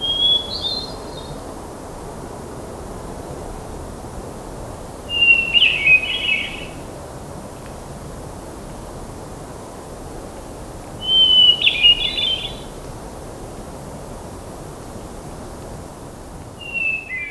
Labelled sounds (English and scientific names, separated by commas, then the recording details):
Hermit Thrush (Catharus guttatus) song
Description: Hermit Thrush song recorded on the Allenspark Trail in Rocky Mountain National Park
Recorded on 1 June 2016